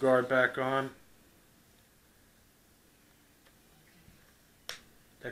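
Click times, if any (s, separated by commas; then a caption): 4.7 s. Someone talks briefly, then a plastic motor guard is pressed back onto the arm of a Dromida Ominus toy quadcopter after a motor swap. After a quiet stretch, one sharp click at 4.7 s marks the guard clicking into place, fully seated.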